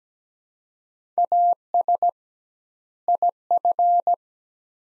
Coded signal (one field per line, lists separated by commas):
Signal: Morse code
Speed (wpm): 17 wpm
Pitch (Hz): 700 Hz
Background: none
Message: AS IF